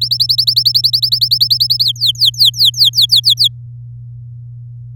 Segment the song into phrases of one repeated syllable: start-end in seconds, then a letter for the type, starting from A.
0.01-1.84 A, 1.85-3.48 B